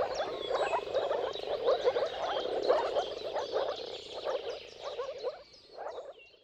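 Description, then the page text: Moor frog chorus of soft bubbling croaks in overlapping bursts, fading toward the end, while birds chirp and whistle in the background. Mating chorus of moor frogs at sunrise, at the turn of March and April depending on weather. "Dawn’s Chorus: Mating Calls of Marsh Frogs at Sunrise. Depending on the weather at the turn of March and April, you can witness an amazing spectacle of moor frogs. Jakub Orzecki"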